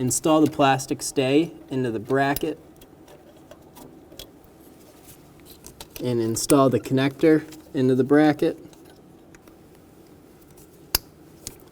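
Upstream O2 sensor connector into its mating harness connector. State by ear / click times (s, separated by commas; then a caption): seated / 11.0 s. Someone talks while installing a plastic stay into a bracket and then the upstream oxygen sensor's plastic electrical connector into the bracket on a 2011-2014 Hyundai Sonata, with faint small clicks and handling noises between the phrases. The connector is pushed into its mating harness connector and gives a sharp, loud click at 11.0 s, seating and locking in place.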